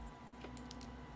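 A plastic building brick for a bonsai tree model is pressed onto the studs of another brick. Three short, sharp clicks ring out at 0.6, 0.7 and 0.8 seconds over a low steady hum. The brick seats firmly in place.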